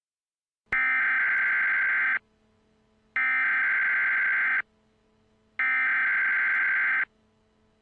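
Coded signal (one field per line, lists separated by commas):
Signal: Emergency Alert System (SAME) tones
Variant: header bursts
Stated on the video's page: Fictional nuclear attack EAS scenario made for fun; the SAME tones may or may not be valid.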